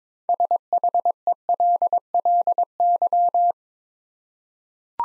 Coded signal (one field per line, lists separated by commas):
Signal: Morse code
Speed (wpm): 22 wpm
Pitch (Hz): 700 Hz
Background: none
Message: SHELLY